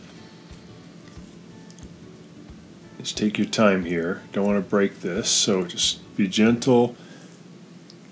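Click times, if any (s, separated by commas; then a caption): none. A washing machine control panel is lined up and fitted at its bottom edge onto the cabinet, handled gently so its clips don't break, before the top is pushed in. Someone talks over faint handling taps. Nothing has clicked into place yet.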